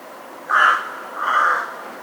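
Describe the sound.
Crow cawing twice, two hoarse drawn-out caws about three quarters of a second apart over a steady background hiss.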